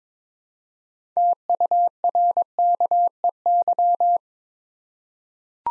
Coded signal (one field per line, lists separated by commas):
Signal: Morse code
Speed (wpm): 22 wpm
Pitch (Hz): 700 Hz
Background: none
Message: TURKEY